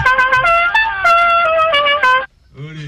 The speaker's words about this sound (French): Bouge pas, prends le casque, écoute bien ça. Le klaxon du Tour de France.